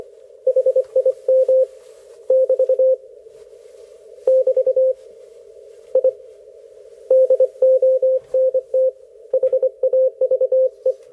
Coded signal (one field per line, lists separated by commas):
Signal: Morse code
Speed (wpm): 26 wpm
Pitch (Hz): 520 Hz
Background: none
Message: HIM <BT> <BT> I DONT HAVE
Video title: Ham Radio Code Practice - OTs "air-it-out" in HF ragchew